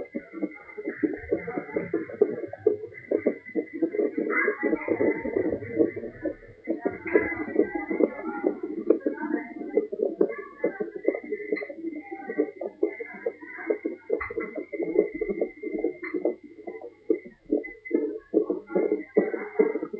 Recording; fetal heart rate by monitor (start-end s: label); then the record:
fetal heart sounds by stethoscope on the mother's abdomen
0.00-10.00 s: 140 bpm
10.00-20.00 s: 143 bpm
From the record:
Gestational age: 38 weeks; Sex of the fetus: girl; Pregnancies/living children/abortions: 1/0/0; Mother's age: 33 years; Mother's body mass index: 25.8